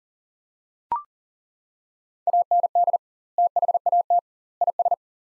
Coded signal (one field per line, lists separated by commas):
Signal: Morse code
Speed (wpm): 40 wpm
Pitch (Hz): 700 Hz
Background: none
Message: AND THAT IS